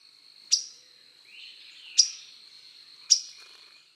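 Northern waterthrush giving three sharp, metallic chips at roughly one- to one-and-a-half-second intervals, with a faint soft note between the first two.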